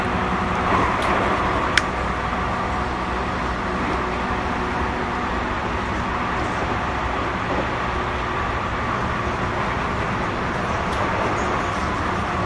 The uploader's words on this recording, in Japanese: JR221系 奈良→JR難波。関西本線（大和路線）で録音をしました。車体は普通鋼製である。